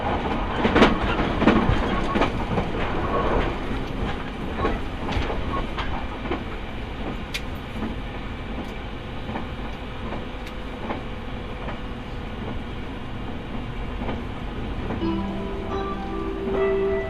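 A railway journey heard from aboard the train: a steady low rumble runs throughout, with sharp clacks and knocks scattered across it, busiest in the first few seconds. Near the end, a sustained tone rises above the rumble for the final two seconds.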